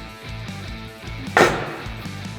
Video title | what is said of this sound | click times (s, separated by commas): UMI Performance 2015-2025 Ford F150 Lowering Kit Full Install!! #f150 #coyote #ford | Make sure these are seated all the way. You'll get a little click when they're in. | 1.4 s